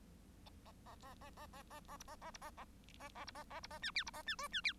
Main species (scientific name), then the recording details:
Lonchura striata domestica. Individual Bird1